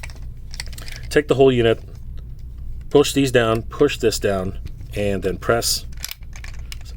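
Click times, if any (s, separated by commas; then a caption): 6.7 s. A plastic deployable unit and its parts are pushed back down into a toy vehicle while someone talks, with small clicks and handling taps around the speech. The unit is then pressed home and snaps into place with a sharp click at 6.7 s, returning everything to normal.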